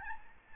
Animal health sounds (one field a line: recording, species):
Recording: mosquito wingbeat signal from an infrared sensor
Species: Aedes albopictus